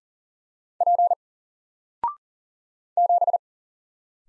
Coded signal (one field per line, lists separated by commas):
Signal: Morse code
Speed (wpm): 40 wpm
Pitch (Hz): 700 Hz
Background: none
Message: P 7